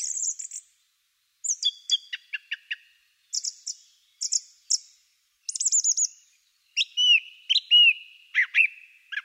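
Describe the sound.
Song thrush song, varied phrases of high squeaky and fluty notes, several repeated two or three times, separated by short pauses.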